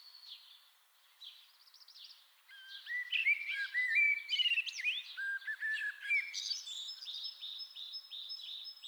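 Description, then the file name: Common blackbird song opening with faint high twitters, then mellow whistled notes mixed with squeaky high notes, continuing with thin chattering sounds. "Turdus merula"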